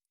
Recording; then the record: hydrophone in a shrimp aquaculture tank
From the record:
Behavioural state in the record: normal